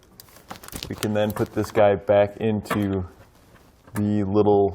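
The plastic locking tab on a Curt T-Connector wiring harness's 4-pin connector is pushed back down after the connector is plugged into the factory tow connector socket on a 2019 Chevrolet Blazer. A sharp, short click at 0.2 s marks the tab locking the connector in place, followed by a few quieter handling sounds. Someone then talks.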